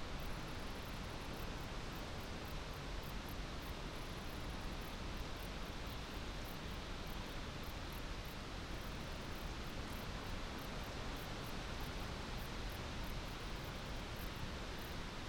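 Country sounds form a steady, dense wash of rushing noise that holds at an even level for the whole stretch, fullest in the low and middle range. Faint, quick ticking repeats regularly high above it, like insects, without any break or change.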